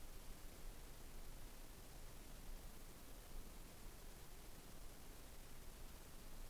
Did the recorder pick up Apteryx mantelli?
no